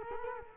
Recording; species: mosquito wingbeat signal from an infrared sensor; Culex quinquefasciatus